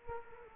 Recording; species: mosquito wingbeat signal from an infrared sensor; Culex quinquefasciatus